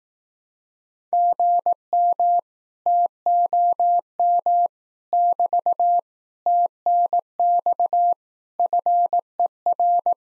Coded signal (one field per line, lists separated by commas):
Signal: Morse code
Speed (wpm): 18 wpm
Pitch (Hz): 700 Hz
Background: none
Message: GM TOM <BT> TNX FER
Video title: Common QSO Phrases Encore Speed-Racing - 15wpm